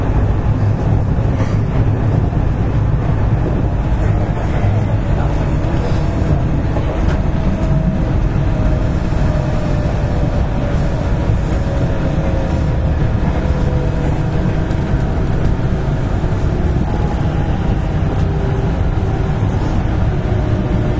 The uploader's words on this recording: JR西日本207系0番台(F1編成) JR神戸線普通 尼崎から神戸まで. It is running sound of JR West Japan Series 207 train. I recorded on the local train of Kobe Line. The section is from Amagasaki to Kobe.